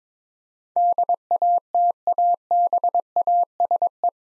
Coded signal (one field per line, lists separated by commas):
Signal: Morse code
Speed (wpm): 22 wpm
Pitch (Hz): 700 Hz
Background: none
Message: DATABASE